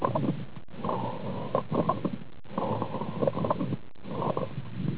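Repeated breath cycles over an adult's lungs, heard through a stethoscope, with a low rushing airflow sound broken by short popping clicks scattered through each breath. These are crackles (rales), discontinuous sounds as air opens fluid-filled or narrowed small airways.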